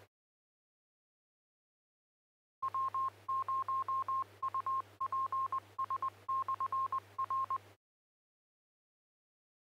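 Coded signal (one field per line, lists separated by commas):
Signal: Morse code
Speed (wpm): 20 wpm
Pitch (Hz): 1060 Hz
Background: none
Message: W0UPS/R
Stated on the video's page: ARES emergency net on the 447.275 Horsetooth repeater, also linked to the 447.750 Lee Hill repeater and Echolink.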